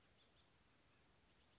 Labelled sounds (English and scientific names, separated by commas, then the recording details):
House Finch (Haemorhous mexicanus)
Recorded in Sonoma County, California